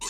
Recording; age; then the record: pig call; weaner (32 to 43 days)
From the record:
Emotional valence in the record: negative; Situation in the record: short isolation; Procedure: open field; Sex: female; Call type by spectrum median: high-frequency call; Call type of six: high-frequency stable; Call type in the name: high-frequency stable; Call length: 0.09 s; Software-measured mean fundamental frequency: 431 Hz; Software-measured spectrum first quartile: 2013 Hz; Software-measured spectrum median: 4996 Hz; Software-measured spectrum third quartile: 7182 Hz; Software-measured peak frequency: 7144 Hz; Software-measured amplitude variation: 43 dB a second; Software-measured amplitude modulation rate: 21.2 a second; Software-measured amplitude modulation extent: 2.0 dB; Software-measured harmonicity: 1.3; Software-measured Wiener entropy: -1.66